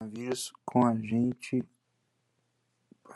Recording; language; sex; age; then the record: spoken sentence; Brazilian Portuguese; male; 20 to 29 years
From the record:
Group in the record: control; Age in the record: 27 years